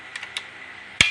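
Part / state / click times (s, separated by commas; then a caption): trigger catch into crossbow lock mechanism / seated / 1.0 s. The iron trigger catch of a homemade crossbow is pushed into its lock mechanism, giving two faint metallic ticks at about 0.2 and 0.4 s. A sharp, loud metallic click follows at 1.0 s as the trigger catches and locks into place.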